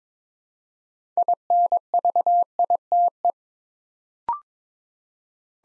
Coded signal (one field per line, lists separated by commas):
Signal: Morse code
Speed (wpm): 23 wpm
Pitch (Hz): 700 Hz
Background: none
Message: INVITE